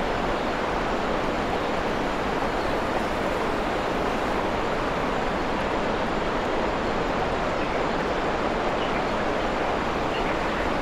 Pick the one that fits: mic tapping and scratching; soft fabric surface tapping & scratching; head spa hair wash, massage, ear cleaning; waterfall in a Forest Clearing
waterfall in a Forest Clearing